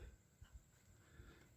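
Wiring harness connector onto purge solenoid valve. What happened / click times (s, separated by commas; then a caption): Connector held and lined up, not yet pushed in / none. A wiring harness connector is held and lined up at the purge solenoid valve of a 2009 Aveo LS before it is pushed home. Only a few faint low thumps of handling over a steady hiss and a high whine are heard. Nothing has seated or clicked yet.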